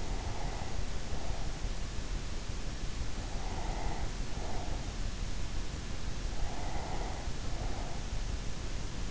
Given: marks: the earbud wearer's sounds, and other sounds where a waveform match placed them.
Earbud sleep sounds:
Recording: sounds in sleep by an in-ear microphone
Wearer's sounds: breath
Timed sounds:
0.00-1.94 s: breath
3.31-5.22 s: breath
6.17-8.34 s: breath

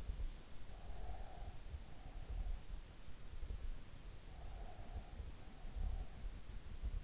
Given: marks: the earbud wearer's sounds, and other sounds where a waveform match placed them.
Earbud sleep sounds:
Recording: sounds in sleep by an in-ear microphone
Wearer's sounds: breath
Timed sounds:
0.60-2.44 s: breath
4.00-5.56 s: breath

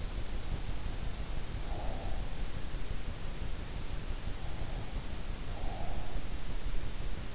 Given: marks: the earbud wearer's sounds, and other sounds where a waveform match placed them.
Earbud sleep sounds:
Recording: sounds in sleep by an in-ear microphone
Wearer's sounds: breath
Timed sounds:
1.31-2.66 s: breath
5.09-6.76 s: breath

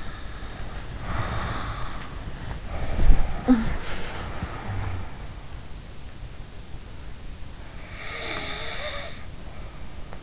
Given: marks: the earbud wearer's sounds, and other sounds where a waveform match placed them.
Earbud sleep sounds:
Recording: sounds in sleep by an in-ear microphone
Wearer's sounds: breath, snoring breath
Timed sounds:
0.00-2.59 s: breath
2.64-5.21 s: sound from someone else or the room
7.93-10.23 s: snoring breath

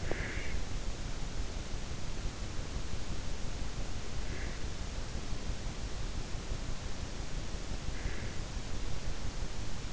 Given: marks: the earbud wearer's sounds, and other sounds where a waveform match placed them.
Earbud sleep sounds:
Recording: sounds in sleep by an in-ear microphone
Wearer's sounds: breath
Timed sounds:
0.00-0.66 s: breath
7.86-8.34 s: breath

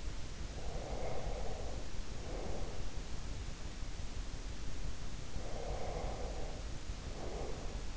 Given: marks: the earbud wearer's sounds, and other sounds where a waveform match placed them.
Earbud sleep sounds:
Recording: sounds in sleep by an in-ear microphone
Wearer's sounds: breath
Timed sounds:
0.43-2.97 s: breath
5.29-7.97 s: breath

